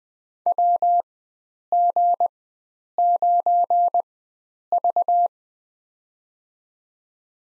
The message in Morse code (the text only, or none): WG9V